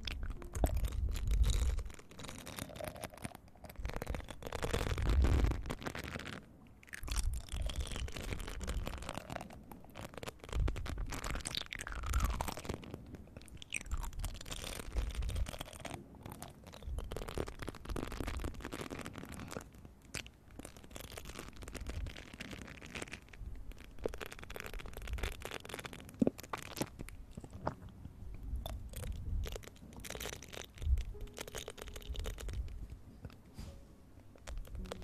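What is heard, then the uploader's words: Ear eating sounds, with wet crunching, biting and scraping noises that come in dense, irregular bursts with brief quiet gaps throughout. Relaxing Ear Eating.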